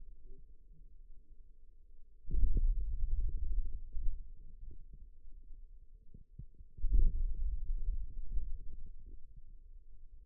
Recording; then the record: forearm muscle sounds (acoustic myography)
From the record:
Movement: hand closing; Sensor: system 2, bracelet of six BSWA MPA416 microphones around the upper forearm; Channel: 4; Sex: male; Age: 22 years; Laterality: right